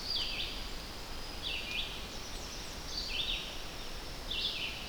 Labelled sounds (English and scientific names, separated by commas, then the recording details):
Red-eyed Vireo (Vireo olivaceus) song
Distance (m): 60 m
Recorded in boreal forest in Alberta, Canada, on 10 June 2016 at 06:02
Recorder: SongMeter 3, array SBT-3-39
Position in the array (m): 205 m, 113 m